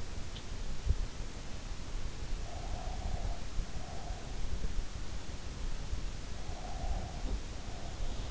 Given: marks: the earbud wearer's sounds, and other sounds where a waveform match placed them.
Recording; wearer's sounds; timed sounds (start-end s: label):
sounds in sleep by an in-ear microphone; breath
1.85-4.82 s: breath
5.98-8.31 s: breath